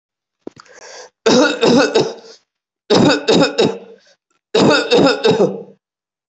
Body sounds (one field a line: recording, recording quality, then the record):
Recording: shallow voluntary cough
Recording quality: poor, much background noise or distortion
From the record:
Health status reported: healthy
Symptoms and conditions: none ticked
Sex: male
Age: 34 years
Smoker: not ticked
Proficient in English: yes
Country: India